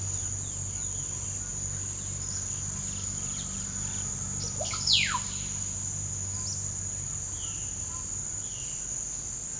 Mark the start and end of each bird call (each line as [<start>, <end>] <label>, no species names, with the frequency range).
[0.00, 1.64] bird call (1.0-4.9 kHz)
[1.90, 5.32] bird call (0.1-7.2 kHz)
[6.24, 9.60] bird call (0.7-6.4 kHz)